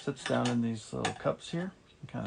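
A top headset bearing is being pushed by hand down into its cup in the head tube of a scooter deck, with light metallic handling sounds while someone talks. Nothing has seated yet; the bearing is not yet home.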